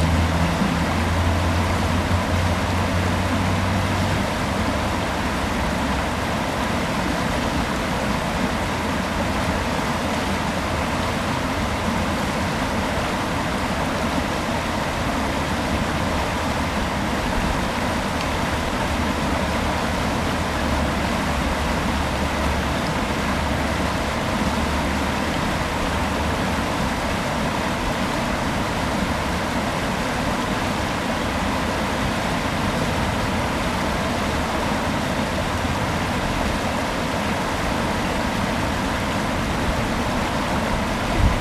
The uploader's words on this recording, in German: Am sonnigen Sonntag haben wir eine kleine Fahrradtour bei uns an der Sieg entlang gemacht. Das Geräusch des an dieser Stelle schnell fließenden Wassers.